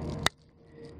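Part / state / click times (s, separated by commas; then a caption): plastic tail scrubber brush onto the sweep hose cap of a pool pressure cleaner / seated / 0.3 s. A hard plastic tail scrubber brush is slid onto the cap at the end of a pool pressure cleaner's sweep hose. A low rubbing, scraping sound ends in a sharp, bright snap at 0.3 s, then only quiet background remains. The brush is seated on the cap.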